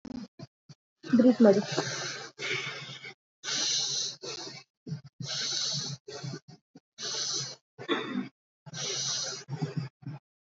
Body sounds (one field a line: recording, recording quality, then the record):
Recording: shallow breathing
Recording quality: excellent, no background noise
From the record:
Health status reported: COVID-19 positive, mild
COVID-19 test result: positive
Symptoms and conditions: cough, cold, fever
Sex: female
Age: 34 years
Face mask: not worn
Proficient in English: yes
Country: India